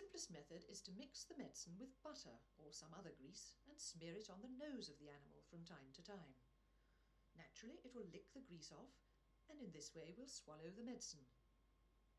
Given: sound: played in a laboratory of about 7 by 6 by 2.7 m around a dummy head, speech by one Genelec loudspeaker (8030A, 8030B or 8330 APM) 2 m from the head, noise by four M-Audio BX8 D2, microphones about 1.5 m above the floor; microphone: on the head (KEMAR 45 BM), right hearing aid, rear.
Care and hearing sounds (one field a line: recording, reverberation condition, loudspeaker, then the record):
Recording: female speech in English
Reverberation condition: low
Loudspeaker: 150 degrees to the right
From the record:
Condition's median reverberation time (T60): about 310 ms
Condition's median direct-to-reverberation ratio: about 3.5 dB